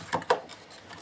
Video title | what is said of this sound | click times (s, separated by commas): Gtech Vacuum brush roller drive repair | and that goes in and locks in place and then we have an end cap and | 0.3 s